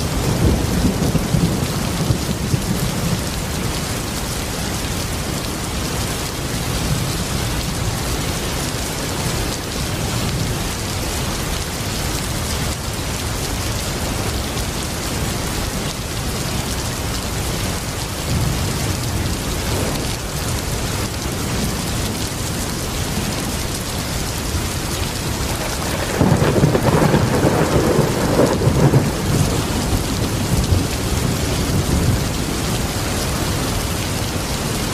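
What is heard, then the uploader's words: Heavy rain pours down steadily, a dense hiss that fills every range from low to bright. Low rumbles of thunder roll underneath, swelling early and again near the end, where a louder, fuller rumble builds around the twenty-six second mark. LOUD Thunder & Heavy Rain. Thunderstorm Sounds.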